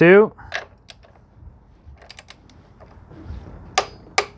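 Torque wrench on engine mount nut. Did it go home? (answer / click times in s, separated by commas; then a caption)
yes / 3.8 s, 4.2 s. Someone talks briefly, then a torque wrench tightens the third engine mount nut on a 2013–2016 Ford Escape during a motor mount replacement, with a few faint ratcheting ticks. The wrench clicks sharply at its torque setting at 3.8 s and again at 4.2 s, confirming the nut is torqued.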